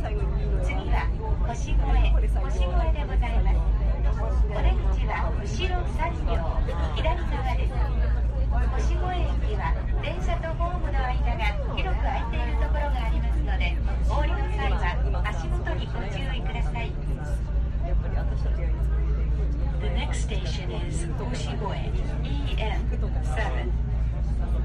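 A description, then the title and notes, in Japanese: Riding the Enoden train from Enoshima Station toward Gokurakuji, a steady low rumble of the moving car runs throughout. Over it, people talk continuously, overlapping voices filling every moment, with occasional brief clicks and rattles scattered through the ride. 江ノ電：江ノ島駅→極楽寺駅。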